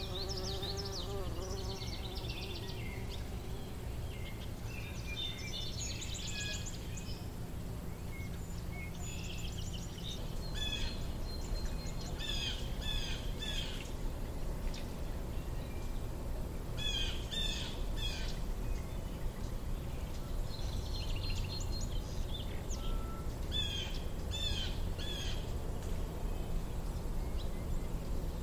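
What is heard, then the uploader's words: Birds chirp in bright repeated bursts over a steady low outdoor rumble, with clustered trills around ten to fifteen seconds and again near twenty-five. The sun hangs high in the sky, casting a warm, golden glow over the landscape.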